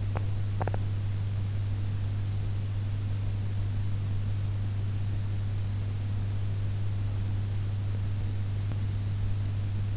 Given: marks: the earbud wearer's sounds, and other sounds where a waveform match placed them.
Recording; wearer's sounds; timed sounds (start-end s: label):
sounds in sleep by an in-ear microphone; teeth grinding
0.00-1.03 s: teeth grinding